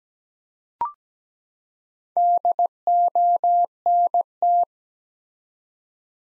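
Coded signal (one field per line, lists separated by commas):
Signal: Morse code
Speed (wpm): 17 wpm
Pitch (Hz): 700 Hz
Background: none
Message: DONT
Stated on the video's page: Morse practice sentences built from the top 300 words at 17 wpm with 4x word spacing, a word-based analogue of Farnsworth spacing.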